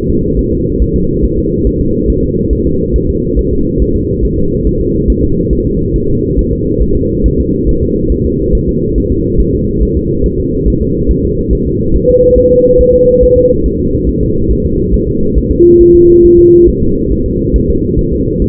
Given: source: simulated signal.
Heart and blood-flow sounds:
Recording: fetal heart sounds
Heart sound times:
0.10 s: S2
0.39 s: S1
0.53 s: S2
0.82 s: S1
0.96 s: S2
1.24 s: S1
1.38 s: S2
1.67 s: S1
1.81 s: S2
2.10 s: S1
2.24 s: S2
2.53 s: S1
2.67 s: S2
2.96 s: S1
3.10 s: S2
3.39 s: S1
3.53 s: S2
3.82 s: S1
3.96 s: S2
4.25 s: S1
4.39 s: S2
4.67 s: S1
4.81 s: S2
5.10 s: S1
5.24 s: S2
5.53 s: S1
5.67 s: S2
5.96 s: S1
6.10 s: S2
6.39 s: S1
6.53 s: S2
6.82 s: S1
6.96 s: S2
7.26 s: S1
7.40 s: S2
7.69 s: S1
7.83 s: S2
8.12 s: S1
8.26 s: S2
8.55 s: S1
8.69 s: S2
8.98 s: S1
9.12 s: S2
9.40 s: S1
9.54 s: S2
9.83 s: S1
9.97 s: S2
10.26 s: S1
10.40 s: S2
10.68 s: S1
10.82 s: S2
11.11 s: S1
11.25 s: S2
11.53 s: S1
11.67 s: S2
11.95 s: S1
12.10 s: S2
12.38 s: S1
12.52 s: S2
12.81 s: S1
12.95 s: S2
13.23 s: S1
13.37 s: S2
13.66 s: S1
13.80 s: S2
14.09 s: S1
14.23 s: S2
14.51 s: S1
14.65 s: S2
14.94 s: S1
15.08 s: S2
15.38 s: S1
15.51 s: S2
15.81 s: S1
15.95 s: S2
16.25 s: S1
16.39 s: S2
16.69 s: S1
16.82 s: S2
17.12 s: S1
17.26 s: S2
17.56 s: S1
17.70 s: S2
17.99 s: S1
18.13 s: S2
18.42 s: S1
From the record:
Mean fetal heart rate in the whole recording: 140 bpm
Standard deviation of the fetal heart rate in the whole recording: 2 bpm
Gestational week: 34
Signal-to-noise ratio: -15.3 dB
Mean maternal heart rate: 72 bpm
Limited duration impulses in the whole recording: present

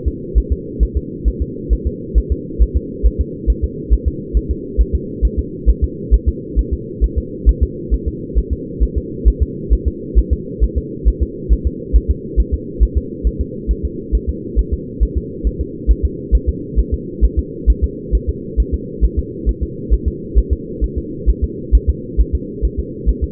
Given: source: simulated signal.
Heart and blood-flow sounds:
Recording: fetal heart sounds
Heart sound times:
0.08 s: S2
0.38 s: S1
0.52 s: S2
0.83 s: S1
0.97 s: S2
1.28 s: S1
1.42 s: S2
1.73 s: S1
1.87 s: S2
2.18 s: S1
2.32 s: S2
2.62 s: S1
2.77 s: S2
3.06 s: S1
3.21 s: S2
3.50 s: S1
3.64 s: S2
3.93 s: S1
4.08 s: S2
4.37 s: S1
4.51 s: S2
4.81 s: S1
4.95 s: S2
5.25 s: S1
5.39 s: S2
5.69 s: S1
5.84 s: S2
6.14 s: S1
6.29 s: S2
6.59 s: S1
6.73 s: S2
7.04 s: S1
7.18 s: S2
7.49 s: S1
7.63 s: S2
7.94 s: S1
8.08 s: S2
8.38 s: S1
8.53 s: S2
8.83 s: S1
8.98 s: S2
9.28 s: S1
9.43 s: S2
9.73 s: S1
9.88 s: S2
10.19 s: S1
10.33 s: S2
10.64 s: S1
10.78 s: S2
11.08 s: S1
11.23 s: S2
11.53 s: S1
11.67 s: S2
11.96 s: S1
12.11 s: S2
12.40 s: S1
12.54 s: S2
12.83 s: S1
12.97 s: S2
13.27 s: S1
13.41 s: S2
13.71 s: S1
13.85 s: S2
14.15 s: S1
14.29 s: S2
14.59 s: S1
14.74 s: S2
15.03 s: S1
15.17 s: S2
15.47 s: S1
15.61 s: S2
15.91 s: S1
16.05 s: S2
16.35 s: S1
16.49 s: S2
16.79 s: S1
16.94 s: S2
17.25 s: S1
17.39 s: S2
17.70 s: S1
17.84 s: S2
18.15 s: S1
18.29 s: S2
18.60 s: S1
18.74 s: S2
19.05 s: S1
19.19 s: S2
19.49 s: S1
19.63 s: S2
19.94 s: S1
20.08 s: S2
20.38 s: S1
20.53 s: S2
20.84 s: S1
20.98 s: S2
21.30 s: S1
21.44 s: S2
21.75 s: S1
21.89 s: S2
22.20 s: S1
22.35 s: S2
22.65 s: S1
22.79 s: S2
23.09 s: S1
23.24 s: S2
From the record:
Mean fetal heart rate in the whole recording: 135 bpm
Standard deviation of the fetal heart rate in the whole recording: 3 bpm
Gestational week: 34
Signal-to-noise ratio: -4.1 dB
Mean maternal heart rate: no maternal heart sound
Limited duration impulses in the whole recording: absent

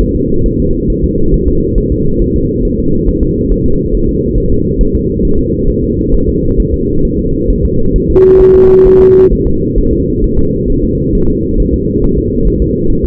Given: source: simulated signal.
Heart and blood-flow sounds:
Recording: fetal heart sounds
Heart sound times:
0.01 s: S1
0.16 s: S2
0.46 s: S1
0.60 s: S2
0.90 s: S1
1.04 s: S2
1.34 s: S1
1.48 s: S2
1.78 s: S1
1.92 s: S2
2.22 s: S1
2.36 s: S2
2.65 s: S1
2.79 s: S2
3.09 s: S1
3.23 s: S2
3.52 s: S1
3.66 s: S2
3.95 s: S1
4.09 s: S2
4.38 s: S1
4.52 s: S2
4.81 s: S1
4.95 s: S2
5.25 s: S1
5.39 s: S2
5.69 s: S1
5.84 s: S2
6.14 s: S1
6.29 s: S2
6.60 s: S1
6.74 s: S2
7.05 s: S1
7.19 s: S2
7.50 s: S1
7.65 s: S2
7.96 s: S1
8.10 s: S2
8.41 s: S1
8.55 s: S2
8.87 s: S1
9.01 s: S2
9.32 s: S1
9.47 s: S2
9.78 s: S1
9.93 s: S2
10.24 s: S1
10.39 s: S2
10.70 s: S1
10.84 s: S2
11.15 s: S1
11.29 s: S2
11.60 s: S1
11.74 s: S2
12.04 s: S1
12.18 s: S2
12.48 s: S1
12.62 s: S2
12.90 s: S1
13.04 s: S2
From the record:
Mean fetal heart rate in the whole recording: 135 bpm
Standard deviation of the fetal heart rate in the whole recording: 3 bpm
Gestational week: 36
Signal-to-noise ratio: -16.4 dB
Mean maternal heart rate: 72 bpm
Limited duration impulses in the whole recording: present

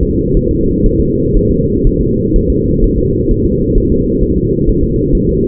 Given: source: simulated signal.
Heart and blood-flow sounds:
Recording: fetal heart sounds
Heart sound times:
0.03 s: S2
0.37 s: S1
0.51 s: S2
0.86 s: S1
1.00 s: S2
1.36 s: S1
1.51 s: S2
1.87 s: S1
2.01 s: S2
2.36 s: S1
2.50 s: S2
2.84 s: S1
2.98 s: S2
3.31 s: S1
3.45 s: S2
3.78 s: S1
3.92 s: S2
4.23 s: S1
4.38 s: S2
4.69 s: S1
4.83 s: S2
5.15 s: S1
5.29 s: S2
From the record:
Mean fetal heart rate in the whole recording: 130 bpm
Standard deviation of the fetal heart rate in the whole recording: 4 bpm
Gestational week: 38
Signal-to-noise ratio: -10.2 dB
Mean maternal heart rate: 72 bpm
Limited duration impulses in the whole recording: present

